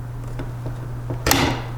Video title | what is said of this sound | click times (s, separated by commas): Alta X FLIR Duo Pro on Movi Pro Walk Around | pops into place and then you've got your latch and you're gonna lock that down now | 1.3 s